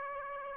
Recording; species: mosquito wingbeat signal from an infrared sensor; Aedes aegypti